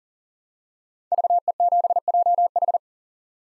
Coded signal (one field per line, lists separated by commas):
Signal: Morse code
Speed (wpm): 40 wpm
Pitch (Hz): 700 Hz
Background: none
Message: VE7JH